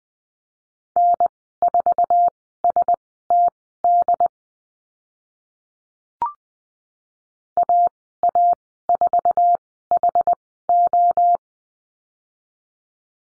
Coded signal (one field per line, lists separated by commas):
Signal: Morse code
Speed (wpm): 20 wpm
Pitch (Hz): 700 Hz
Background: none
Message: N4STD AA4HO